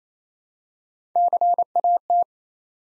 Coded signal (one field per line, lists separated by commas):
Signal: Morse code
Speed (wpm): 28 wpm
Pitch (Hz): 700 Hz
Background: none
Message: CAT